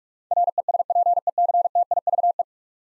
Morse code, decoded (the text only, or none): RESPECTIVE